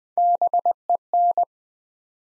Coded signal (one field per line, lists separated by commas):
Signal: Morse code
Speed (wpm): 20 wpm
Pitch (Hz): 700 Hz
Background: none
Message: BEN